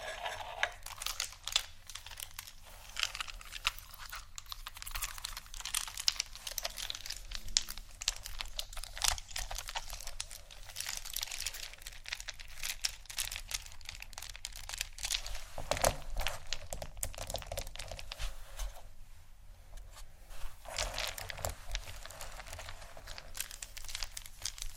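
Textured bags being handled, giving a dense, continuous run of crinkling and crackling with many quick, irregular sharp clicks throughout. The sound is mostly bright and papery, with a low steady hum underneath. A brief lull comes around 19 seconds before the rustling resumes.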